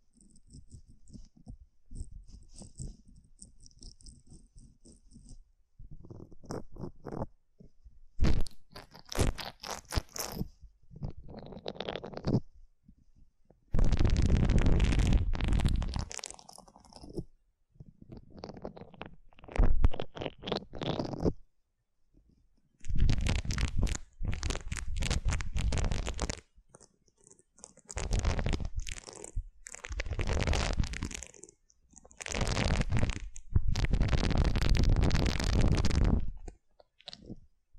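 Aloe gel is massaged around the ear in wet, squelching bursts that grow louder and longer after the first few seconds. Thick, rumbling strokes of a few seconds each alternate with brief pauses, and a faint high hiss runs through the quiet opening.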